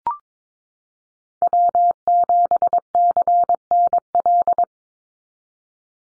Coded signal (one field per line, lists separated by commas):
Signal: Morse code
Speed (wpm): 22 wpm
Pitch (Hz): 700 Hz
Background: none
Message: W7CNL